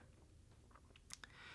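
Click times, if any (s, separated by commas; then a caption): 1.1 s, 1.2 s. PB Swiss screwdrivers are pressed shaft-first into their plastic storage holder. After a few faint ticks, two sharp clicks at 1.1 s and 1.2 s mark the screwdrivers snapping into place. They are seated firmly enough to stay put when the holder is turned upside down.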